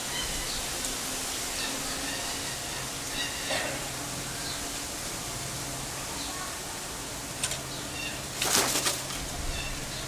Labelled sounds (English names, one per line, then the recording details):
Silvery-cheeked Hornbill call
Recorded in captivity
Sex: pair
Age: adult
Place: Zoo Berlin, Berlin, DE
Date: 1999-07-28 16:49
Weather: heiter, 24-26°C
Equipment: Sony WM-D6C, Sennheiser ME 80, Kopie Uher 4000 Report Monitor
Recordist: Tembrock, Günter